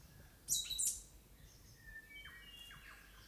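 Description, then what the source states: Stitchbird gives a single burst of sharp high chips, followed by faint thin whistles. New Zealand native bird; song.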